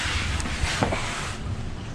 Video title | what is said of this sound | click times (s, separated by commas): Oil Change On The CSC RX4!!! | ah see it like pops into place with like an o-ring | 0.4 s, 0.8 s